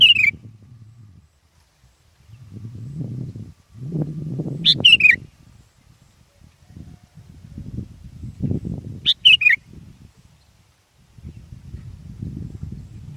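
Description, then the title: Sooty-headed bulbul: three brief, liquid, downward-slurred phrases spaced several seconds apart, amid bursts of low rumbling noise. "kutilang"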